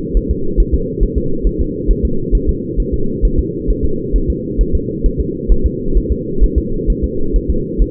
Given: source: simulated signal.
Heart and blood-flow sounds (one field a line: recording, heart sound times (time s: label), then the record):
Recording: fetal heart sounds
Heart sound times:
0.17 s: S1
0.31 s: S2
0.60 s: S1
0.74 s: S2
1.03 s: S1
1.18 s: S2
1.47 s: S1
1.61 s: S2
1.91 s: S1
2.05 s: S2
2.35 s: S1
2.49 s: S2
2.80 s: S1
2.94 s: S2
3.25 s: S1
3.39 s: S2
3.71 s: S1
3.85 s: S2
4.16 s: S1
4.30 s: S2
4.61 s: S1
4.75 s: S2
5.06 s: S1
5.20 s: S2
5.52 s: S1
5.66 s: S2
5.98 s: S1
6.12 s: S2
6.44 s: S1
6.58 s: S2
6.90 s: S1
7.04 s: S2
7.36 s: S1
7.50 s: S2
7.82 s: S1
From the record:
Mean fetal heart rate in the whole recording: 135 bpm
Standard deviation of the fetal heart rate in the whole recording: 3 bpm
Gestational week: 36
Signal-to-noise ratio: -8.1 dB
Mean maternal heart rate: 72 bpm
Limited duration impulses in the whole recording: absent